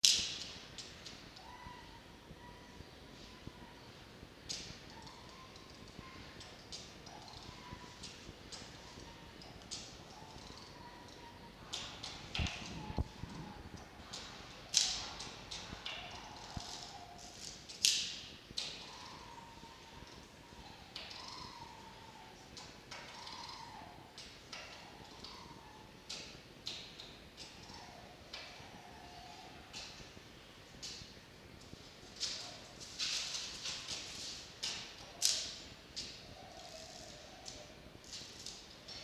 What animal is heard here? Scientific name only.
Vulpes vulpes